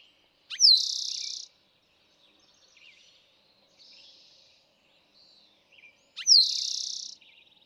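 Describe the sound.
Eastern towhee delivering two bright songs about six seconds apart, note, whistle and dry trill each time, with quiet chirps in the gaps.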